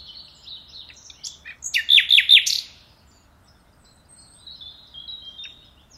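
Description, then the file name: Common nightingale calls, a loud burst of three quick rising-falling notes with a few sharp chirps before it and thin high twittering afterwards. "Luscinia megarhynchos"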